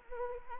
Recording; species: mosquito wingbeat signal from an infrared sensor; Anopheles arabiensis